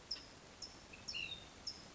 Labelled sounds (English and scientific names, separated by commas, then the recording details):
California Towhee (Melozone crissalis)
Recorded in Sonoma County, California